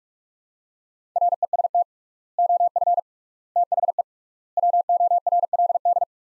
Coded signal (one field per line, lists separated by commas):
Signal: Morse code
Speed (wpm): 46 wpm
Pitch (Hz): 700 Hz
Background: none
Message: REST OF THE WORLD